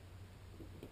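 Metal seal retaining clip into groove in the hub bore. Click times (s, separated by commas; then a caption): 0.8 s. On an Adaptrac front seal installation, the first metal retaining clip for the hub seal is pushed home with the number four tool into the groove in the hub bore, over a low steady hum. A small, sharp click at 0.8 s marks the clip seating completely in its groove.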